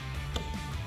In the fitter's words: Make sure you hear the click.